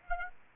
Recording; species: mosquito wingbeat signal from an infrared sensor; Aedes aegypti